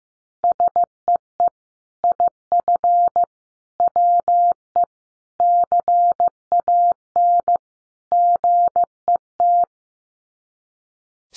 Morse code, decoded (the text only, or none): SEE IF WE CAN GET